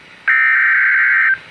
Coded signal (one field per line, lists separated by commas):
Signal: Emergency Alert System (SAME) tones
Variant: header bursts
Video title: EAS #30 - Severe Thunderstorm Warning